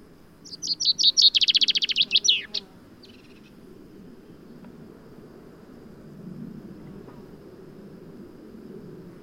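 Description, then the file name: Common chaffinch delivering one accelerating trill that tumbles downward and ends in a flourish, followed by several seconds of low background rumble. "Fringilla coelebs"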